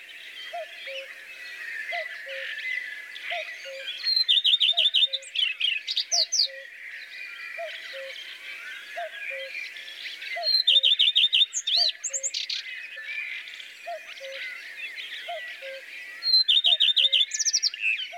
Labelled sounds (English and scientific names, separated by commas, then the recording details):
Common Redstart (Phoenicurus phoenicurus) song
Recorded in the wild
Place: Oberrotweil am Kaiserstuhl, Baden-Württemberg, DE
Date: 1982-05-08
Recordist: Schwarz, Dieter